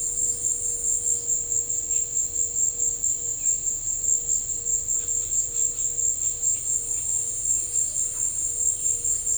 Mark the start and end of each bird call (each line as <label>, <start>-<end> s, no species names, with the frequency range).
bird call (1.7-3.3 kHz), 3.43-3.61 s